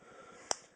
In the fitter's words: be careful because when you do open this as you saw there it really kind of snaps in place